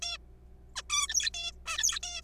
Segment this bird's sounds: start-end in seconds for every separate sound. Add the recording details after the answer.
0.02-0.18, 0.76-0.82, 0.90-1.07, 1.08-1.30, 1.34-1.52, 1.66-1.99, 2.03-2.21. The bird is a juvenile. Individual R3428